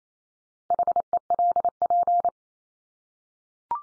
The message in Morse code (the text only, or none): HELP